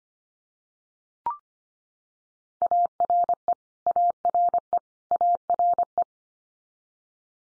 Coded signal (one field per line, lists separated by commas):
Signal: Morse code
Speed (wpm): 25 wpm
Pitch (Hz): 700 Hz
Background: none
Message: ARE ARE ARE